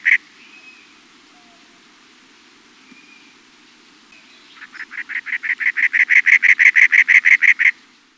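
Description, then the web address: Cactus wren song: a brief harsh note, a few quiet seconds, then a rapid series of harsh, grating notes that grows louder and runs for about three seconds before stopping abruptly. "Peterson North American Birds"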